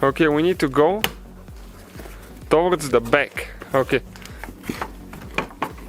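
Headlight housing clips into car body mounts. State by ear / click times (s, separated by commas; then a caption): partly seated / 5.4 s, 5.6 s. While replacing the low beam bulb on a 2011–2016 Hyundai Elantra, the headlight housing is pushed back into its clips on the car body mounts as someone talks. Sharp clicks are heard at 5.4 s and 5.6 s. Afterwards the housing is only partly seated, with the clips on one side not fully home.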